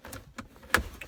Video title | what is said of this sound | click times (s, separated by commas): Honda Accord Console/Armrest Replacement Install | so there goes that I'm sure you guys could probably hear this thing just pops right into place there | 0.7 s